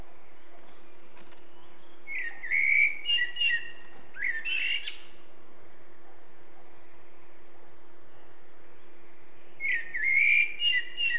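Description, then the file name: Eurasian blackbird delivering rich fluty warbling notes that break into high squeaky twitters, silence for several seconds, then a fresh phrase begins; faint background hum. "Turdus merula"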